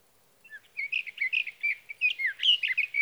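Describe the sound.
Sage thrasher song: a couple of soft notes, then a lively run of warbled whistles and scratchy phrases without pause.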